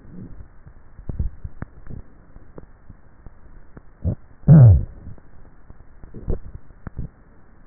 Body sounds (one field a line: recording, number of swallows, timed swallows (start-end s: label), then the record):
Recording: swallowing sounds by neck microphone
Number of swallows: 2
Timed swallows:
0.88-1.65 s: swallow
6.22-6.82 s: swallow
From the record:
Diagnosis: dysphagia